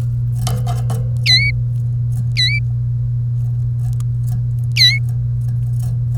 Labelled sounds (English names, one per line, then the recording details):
Domestic Canary song
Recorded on 1 May 2018 at 09:00
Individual llb3